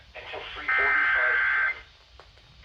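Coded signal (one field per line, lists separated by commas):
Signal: Emergency Alert System (SAME) tones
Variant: header bursts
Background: speech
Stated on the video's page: Severe weather alerts captured across multiple Pennsylvania stations, part of 38 alerts.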